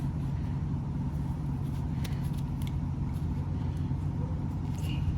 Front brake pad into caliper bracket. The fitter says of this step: put it in the side it clicks and it locks into place